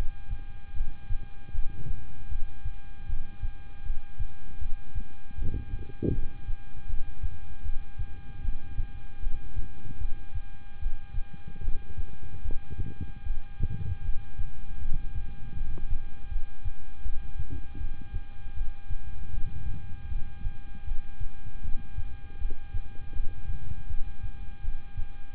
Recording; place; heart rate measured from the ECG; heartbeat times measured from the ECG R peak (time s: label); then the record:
heart sounds by stethoscope; between the tricuspid and mitral areas; 78 bpm
0.73 s: heartbeat
1.52 s: heartbeat
2.28 s: heartbeat
3.06 s: heartbeat
3.83 s: heartbeat
4.59 s: heartbeat
5.35 s: heartbeat
6.12 s: heartbeat
6.87 s: heartbeat
7.62 s: heartbeat
8.41 s: heartbeat
9.20 s: heartbeat
9.98 s: heartbeat
10.79 s: heartbeat
11.61 s: heartbeat
12.42 s: heartbeat
13.23 s: heartbeat
14.02 s: heartbeat
14.78 s: heartbeat
15.54 s: heartbeat
16.29 s: heartbeat
17.02 s: heartbeat
17.77 s: heartbeat
18.54 s: heartbeat
19.30 s: heartbeat
20.08 s: heartbeat
20.84 s: heartbeat
21.61 s: heartbeat
22.38 s: heartbeat
23.13 s: heartbeat
23.87 s: heartbeat
24.61 s: heartbeat
25.35 s: heartbeat
From the record:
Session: rest, lying down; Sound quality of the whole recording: good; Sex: male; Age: 26 years